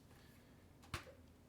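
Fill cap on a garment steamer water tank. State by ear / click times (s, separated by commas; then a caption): seated / 0.9 s. The plastic fill cap on the water tank of a Conair garment steamer is lined up with the unlock mark and twisted back into place. A single faint click is heard at 0.9 s. The cap is now seated and locked.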